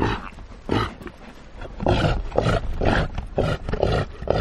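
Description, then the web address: Reindeer giving deep, rasping roars, several uneven bursts that swell and fade, with rougher, louder pulses in the second half. "tonakaino pao xiao"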